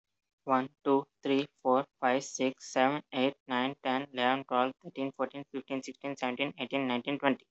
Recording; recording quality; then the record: counting at a fast pace; excellent, no background noise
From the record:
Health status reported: healthy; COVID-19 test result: not tested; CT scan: not taken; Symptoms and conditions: none ticked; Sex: male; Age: 22 years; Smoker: no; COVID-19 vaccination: none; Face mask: not worn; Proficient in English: yes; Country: India